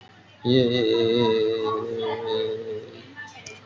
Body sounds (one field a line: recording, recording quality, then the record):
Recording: sustained vowel as in made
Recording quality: excellent, no background noise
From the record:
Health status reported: respiratory illness, not identified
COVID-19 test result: negative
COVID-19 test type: RT-PCR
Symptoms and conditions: cough, cold, breathing difficulty, fever, asthma, chronic lung disease, another respiratory illness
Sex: male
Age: 51 years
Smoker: no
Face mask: not worn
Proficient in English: no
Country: India